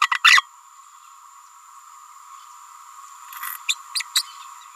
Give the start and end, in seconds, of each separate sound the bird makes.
0.01-0.09, 0.11-0.19, 0.24-0.46, 3.68-3.77, 3.95-4.03, 4.15-4.23